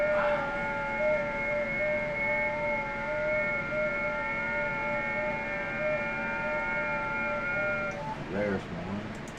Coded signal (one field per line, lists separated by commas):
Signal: FT8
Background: speech